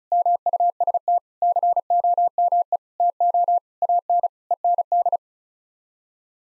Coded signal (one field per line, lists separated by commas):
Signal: Morse code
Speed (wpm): 34 wpm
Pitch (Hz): 700 Hz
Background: none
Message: MUST COME TO AN END